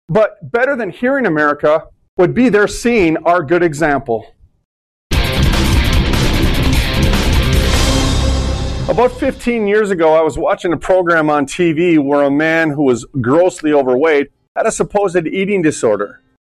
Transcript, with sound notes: But better than hearing, America, would be their seeing our good example. (reverberating sound) About 15 years ago, I was watching a program on TV where a man who was grossly overweight had a supposed eating disorder.